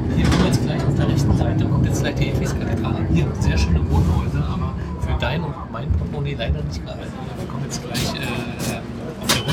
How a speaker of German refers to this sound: Wir setzen uns jetzt im Bus und fahren eine Runde. Wir fahren eine Runde Bus durch Berlin. Friedrichstraße.